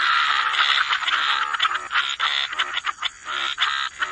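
Frogs croaking together in a thick chorus of rich harmonic calls, becoming more broken toward the end.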